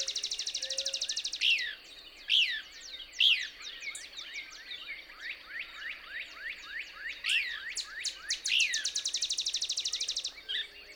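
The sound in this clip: Couch's Kingbird song: loud sharp high chips between buzzy rapid trills at the start and end, with fast down-slurred notes in between.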